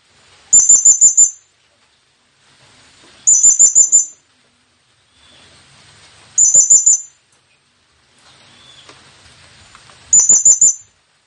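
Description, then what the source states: Blue-crowned hanging parrot: four bursts of thin, high, quickly repeated chips, a few seconds apart, with near silence between. Presented as an effective lure call for attracting the bird; local name serindit.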